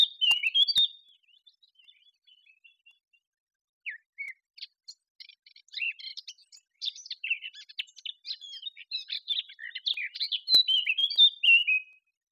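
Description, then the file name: Eurasian blackcap song: a loud whistled phrase, soft subdued twittering, then a long, fast, scratchy warble ending in clearer fluty notes. "Sylvia atricapilla"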